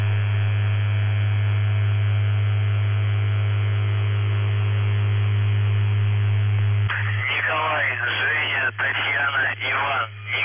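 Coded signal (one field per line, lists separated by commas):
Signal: numbers station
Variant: UVB-76, Russian voice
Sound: continuous low droning hum for seven seconds, then a male voice reading over radio noise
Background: radio static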